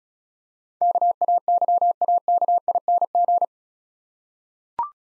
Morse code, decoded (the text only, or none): KAYAKING